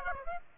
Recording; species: mosquito wingbeat signal from an infrared sensor; Aedes aegypti